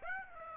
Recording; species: mosquito wingbeat signal from an infrared sensor; Aedes aegypti